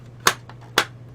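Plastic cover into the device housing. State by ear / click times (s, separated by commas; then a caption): seated / 0.3 s, 0.8 s. The plastic cover or battery housing of a Brooks BELR1 unit is pressed back into the device housing, with the wires checked so they are not pinched anywhere. Two sharp plastic snaps are heard at 0.3 s and 0.8 s, with a faint tick at 0.5 s between them over a low steady hum. The cover seats back into the housing in good shape.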